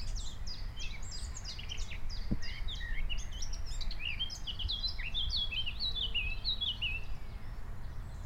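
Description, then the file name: Eurasian blackcap singing, a run of quick warbled notes over a steady low rumble of background noise. "Sylvia atricapilla"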